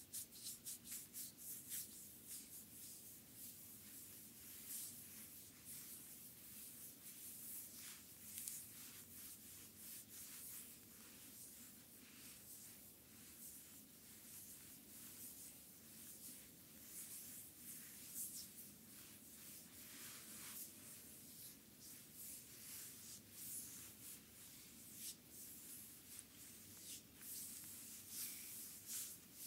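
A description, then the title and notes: Hands massage a foot with cream, making a steady run of soft, wet rubbing and slick squelching strokes close to the microphone. The strokes come quickly and fairly evenly for the whole half minute, bright and hissy, over a faint low hum. ASMR Foot, feet Massage with cream by Adel.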